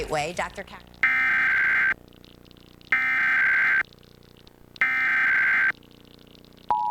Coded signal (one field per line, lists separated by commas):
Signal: Emergency Alert System (SAME) tones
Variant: header bursts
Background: speech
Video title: Required Monthly Test (EAS #509-510)